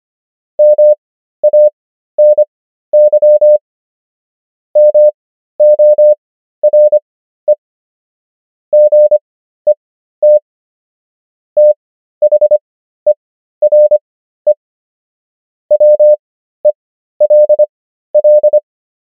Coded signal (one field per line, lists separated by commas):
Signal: Morse code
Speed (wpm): 25 wpm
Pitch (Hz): 600 Hz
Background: none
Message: MANY MORE GET THERE WELL